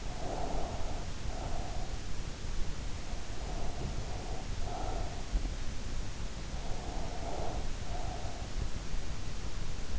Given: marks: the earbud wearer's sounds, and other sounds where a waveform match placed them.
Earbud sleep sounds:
sounds in sleep by an in-ear microphone; breath
0.00-2.18 s: breath
3.21-5.65 s: breath
6.49-8.48 s: breath

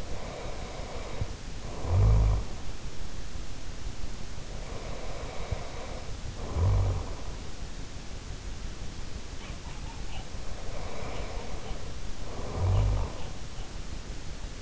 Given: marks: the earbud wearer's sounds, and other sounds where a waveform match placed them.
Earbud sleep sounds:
sounds in sleep by an in-ear microphone; snoring breath
0.00-2.56 s: snoring breath
4.31-7.37 s: snoring breath
9.99-13.34 s: snoring breath

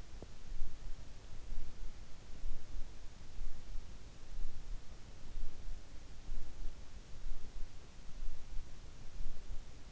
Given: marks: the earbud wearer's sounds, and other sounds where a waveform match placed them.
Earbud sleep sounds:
sounds in sleep by an in-ear microphone; teeth grinding
0.00-0.61 s: teeth grinding

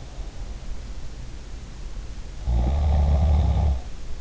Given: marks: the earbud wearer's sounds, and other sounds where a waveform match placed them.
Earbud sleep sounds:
sounds in sleep by an in-ear microphone; snoring breath
2.37-3.96 s: snoring breath

